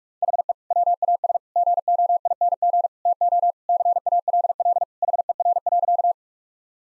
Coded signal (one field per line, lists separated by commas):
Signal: Morse code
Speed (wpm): 46 wpm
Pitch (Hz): 700 Hz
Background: none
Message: HE WAS GOING TO CALL HER.